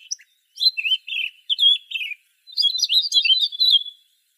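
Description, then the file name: Eurasian blackcap song: a fast scratchy warble of varied notes, a short pause, then a second, higher chattering phrase. "Sylvia atricapilla"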